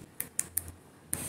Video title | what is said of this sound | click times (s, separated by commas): Hilti GENERALIST TOOL KIT. set de herramientas #mantenimiento | fíjense que queda trabado | 0.4 s, 0.6 s, 1.1 s